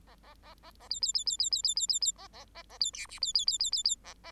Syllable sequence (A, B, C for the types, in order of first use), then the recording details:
A A A A A B B B B B B B B B B A A A A B C D B B B B B B A A. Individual Bird8